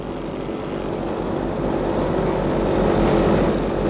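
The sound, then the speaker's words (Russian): A propeller airplane engine drones steadily, a broad rumbling roar that swells slightly louder over a few seconds as it powers up for takeoff to fly to base, with no voices. “Эй, на самолете, вылетайте на базу!”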